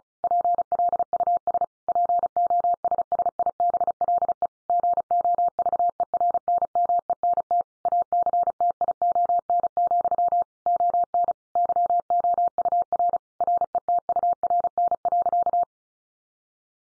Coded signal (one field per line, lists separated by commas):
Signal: Morse code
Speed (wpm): 34 wpm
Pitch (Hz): 700 Hz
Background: none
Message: PLUS POSSIBLE GOVERNMENT ACTION, ON YOUR RETURN.